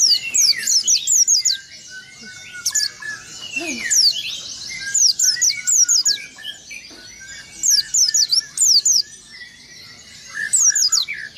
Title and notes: Burung Peci. kumpuln pleci terbaru